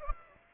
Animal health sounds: mosquito wingbeat signal from an infrared sensor; Aedes aegypti

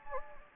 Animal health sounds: mosquito wingbeat signal from an infrared sensor; Anopheles gambiae

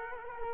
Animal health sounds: mosquito wingbeat signal from an infrared sensor; Culex quinquefasciatus

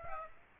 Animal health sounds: mosquito wingbeat signal from an infrared sensor; Aedes aegypti

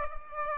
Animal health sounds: mosquito wingbeat signal from an infrared sensor; Aedes aegypti

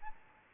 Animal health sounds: mosquito wingbeat signal from an infrared sensor; Aedes albopictus

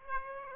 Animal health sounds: mosquito wingbeat signal from an infrared sensor; Aedes aegypti

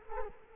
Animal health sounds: mosquito wingbeat signal from an infrared sensor; Culex quinquefasciatus

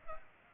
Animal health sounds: mosquito wingbeat signal from an infrared sensor; Culex pipiens

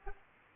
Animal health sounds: mosquito wingbeat signal from an infrared sensor; Aedes albopictus

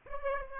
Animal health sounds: mosquito wingbeat signal from an infrared sensor; Aedes aegypti

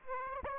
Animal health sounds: mosquito wingbeat signal from an infrared sensor; Aedes aegypti

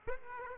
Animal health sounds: mosquito wingbeat signal from an infrared sensor; Aedes aegypti

